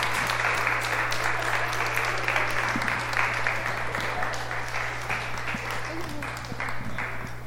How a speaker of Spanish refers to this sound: Un aplauso a nuestros hermanos.